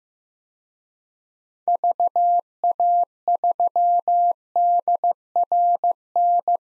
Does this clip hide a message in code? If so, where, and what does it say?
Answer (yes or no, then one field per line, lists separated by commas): yes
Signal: Morse code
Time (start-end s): 1.7-6.6 s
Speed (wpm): 16 wpm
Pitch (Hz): 700 Hz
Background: none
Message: VA3DRN